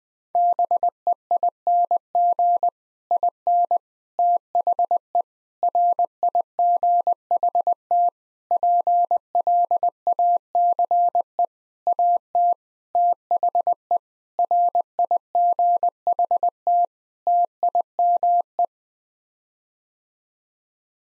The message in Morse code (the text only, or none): BEING IN THE RIGHT PLACE AT THE RIGHT TIME